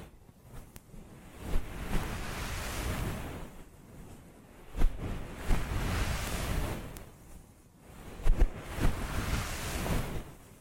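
Ear massage rubbing comes in slow swelling waves of soft, muffled whooshing, rising and easing roughly every three seconds with a deep rumble underneath. Brief sharp taps and crackles punctuate the strokes, clustering around the louder peaks near five and eight seconds.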